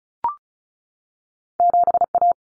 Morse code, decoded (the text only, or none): 7A